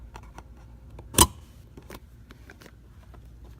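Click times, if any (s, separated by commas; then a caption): 1.2 s. The plastic locking tab on a door wiring connector is pulled down during a courtesy door puddle light install on a 2014 Chevy SS. A sharp, bright click sounds at 1.2 s amid faint handling ticks, and the connector locks into place.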